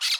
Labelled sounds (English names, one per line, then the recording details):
Brown-throated Parakeet contact call
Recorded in Curacao
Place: along powerline, near entrance of Santa Barbara resort
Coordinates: 12.068, -68.844